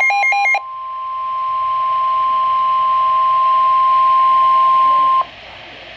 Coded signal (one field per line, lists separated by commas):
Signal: Emergency Alert System (SAME) tones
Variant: 1050 Hz attention tone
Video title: Severe Thunderstorm Warning (EAS #115)